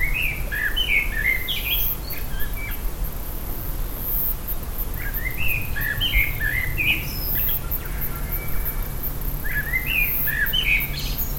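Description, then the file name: Common blackbird song: three mellow fluted phrases, each ending in a higher squeaky twitter, separated by pauses of several seconds, over a steady low rumble. "Turdus merula"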